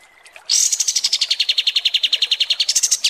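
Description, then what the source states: Kapas tembak song: a loud, brisk trill of rapid pulsed notes, running steadily and rising again at the close. Masteran (tutor recording for training cage birds) of kapas tembak song, described as 'mewah' (luxurious).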